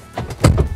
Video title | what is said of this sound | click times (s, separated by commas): Renault Trafic Campervan Conversion - Gas Free Manhattan VX-e- Get the VIP Tour | listen for the click and you're ready for the off | 0.5 s